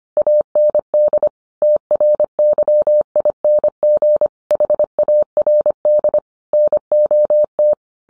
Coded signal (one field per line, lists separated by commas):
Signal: Morse code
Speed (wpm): 25 wpm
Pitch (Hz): 600 Hz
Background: none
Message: AND TRYING HARD NOT